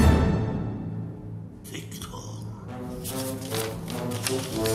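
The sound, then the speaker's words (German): An envelope is ripped open and a sheet of paper pulled out, crisp crackling and rustling in two bursts over a steady low, droning tone. “Skrivait Konvert, reißt einen Umschlag auf, vynimait bumagu, entnimmt ein Papier.”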